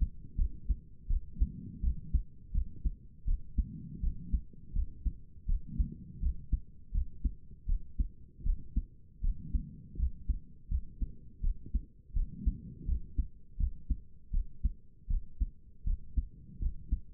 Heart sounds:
heart sounds by stethoscope; 81 bpm
0.37 s: heartbeat
1.08 s: heartbeat
1.82 s: heartbeat
2.53 s: heartbeat
3.26 s: heartbeat
4.01 s: heartbeat
4.74 s: heartbeat
5.47 s: heartbeat
6.21 s: heartbeat
6.92 s: heartbeat
7.67 s: heartbeat
8.44 s: heartbeat
9.22 s: heartbeat
9.97 s: heartbeat
10.69 s: heartbeat
11.42 s: heartbeat
12.14 s: heartbeat
12.86 s: heartbeat
13.58 s: heartbeat
14.32 s: heartbeat
15.08 s: heartbeat
15.85 s: heartbeat
16.60 s: heartbeat
From the record:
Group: healthy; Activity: rest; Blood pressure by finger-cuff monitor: 89/56 mmHg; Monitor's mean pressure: 68 mmHg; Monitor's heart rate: 82 bpm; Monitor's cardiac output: 6.9 L/min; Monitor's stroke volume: 84 mL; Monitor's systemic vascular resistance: 710 dyn s/cm5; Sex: female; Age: 22 years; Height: 163 cm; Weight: 67.1 kg

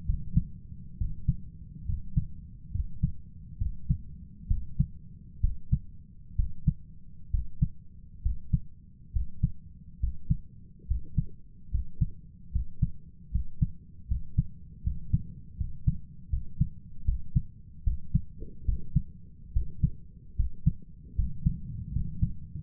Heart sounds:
heart sounds by stethoscope; 71 bpm
0.05 s: heartbeat
0.97 s: heartbeat
1.85 s: heartbeat
2.71 s: heartbeat
3.57 s: heartbeat
4.47 s: heartbeat
5.40 s: heartbeat
6.35 s: heartbeat
7.30 s: heartbeat
8.21 s: heartbeat
9.11 s: heartbeat
9.99 s: heartbeat
10.86 s: heartbeat
11.70 s: heartbeat
12.51 s: heartbeat
13.30 s: heartbeat
14.06 s: heartbeat
14.82 s: heartbeat
15.56 s: heartbeat
16.28 s: heartbeat
17.04 s: heartbeat
17.82 s: heartbeat
18.64 s: heartbeat
19.52 s: heartbeat
20.35 s: heartbeat
21.14 s: heartbeat
21.91 s: heartbeat
From the record:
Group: healthy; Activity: rest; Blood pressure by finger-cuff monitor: 92/66 mmHg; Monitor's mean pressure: 73 mmHg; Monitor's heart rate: 68 bpm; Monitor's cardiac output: 6 L/min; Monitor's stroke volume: 89 mL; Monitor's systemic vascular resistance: 880 dyn s/cm5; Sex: male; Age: 23 years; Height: 178 cm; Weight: 96.6 kg

